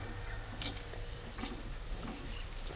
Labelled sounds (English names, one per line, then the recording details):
none
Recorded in pastures near Puerto Asís, Putumayo, Colombia, on 26 December 2024 at 10:30
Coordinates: 0.497, -76.327
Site G088